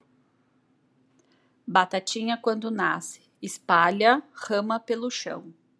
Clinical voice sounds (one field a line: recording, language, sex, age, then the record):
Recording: short text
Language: Brazilian Portuguese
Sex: female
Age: 30 to 39 years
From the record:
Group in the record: control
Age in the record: 33 years